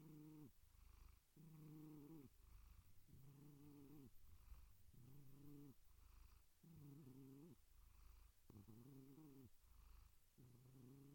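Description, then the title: Domestic cat purring in low, buzzy cycles, each lasting about a second and repeating roughly every two seconds, with steady soft background hiss. "Cat Meow Sounds"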